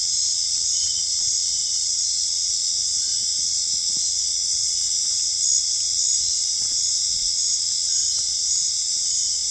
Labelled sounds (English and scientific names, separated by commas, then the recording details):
none
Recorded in dense forest near Puerto Asís, Putumayo, Colombia, on 21 December 2024 at 19:00
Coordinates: 0.485, -76.318
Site GP03